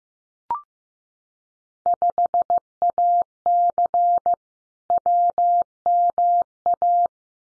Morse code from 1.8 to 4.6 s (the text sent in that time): 5AC